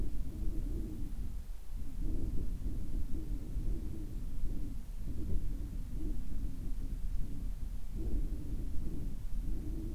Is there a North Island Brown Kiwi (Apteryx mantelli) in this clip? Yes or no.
no